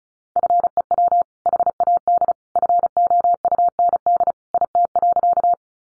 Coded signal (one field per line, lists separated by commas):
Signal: Morse code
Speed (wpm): 34 wpm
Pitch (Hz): 700 Hz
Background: none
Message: FEW HAD FOUND IT.